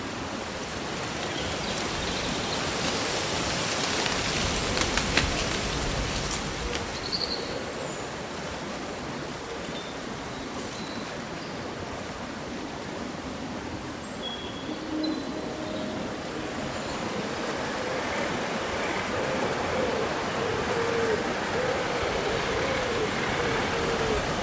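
Leaves rustle steadily in the wind, a dense, even hiss that swells slightly near the start and again toward the end. Brief bird chirps and calls surface now and then, scattered through the middle and later parts, with a few short clicks around five seconds.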